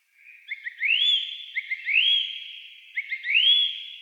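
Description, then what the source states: Song thrush song: a loud rising whistled phrase with short lead-in notes, given three times in a row. Recorded on 28 April 2010.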